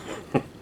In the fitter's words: Oh, that fits better. Pops right in. Nice.